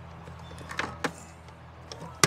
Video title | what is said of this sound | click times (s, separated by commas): Mow With Me - Stihl RMA 510 V Mowing Review | Bottom one, and push it till it snaps. | 2.2 s